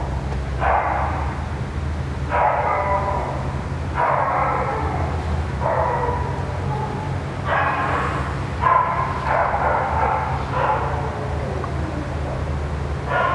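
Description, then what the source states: Dog crying in repeated whimpering bursts, some notes sliding downward, with a steady low hum throughout. Dog crying near a ventilation system.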